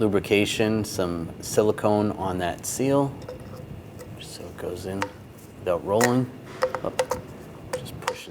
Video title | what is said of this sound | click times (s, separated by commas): How to Replace Engine Water Pump Kit 2009-2013 BMW 328i xDrive 3.0L L6 | down locks in place | 8.1 s